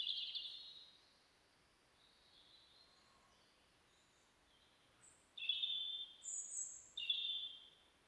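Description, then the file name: European robin song: a high warbled phrase, a long pause with faint notes, then bright, thin whistles and twittering bursts near the end. "Erithacus rubecula"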